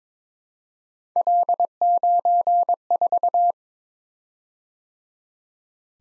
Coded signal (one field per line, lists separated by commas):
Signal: Morse code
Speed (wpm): 22 wpm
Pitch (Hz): 700 Hz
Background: none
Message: L94